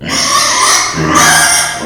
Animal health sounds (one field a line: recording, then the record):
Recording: squeal of a Yucatan mini pig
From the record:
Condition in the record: before surgery on the right vocal fold (resection and tissue-engineered implant)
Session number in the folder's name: 2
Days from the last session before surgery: 0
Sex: male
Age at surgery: 12 weeks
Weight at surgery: 13 kg